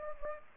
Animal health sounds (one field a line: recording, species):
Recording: mosquito wingbeat signal from an infrared sensor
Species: Anopheles gambiae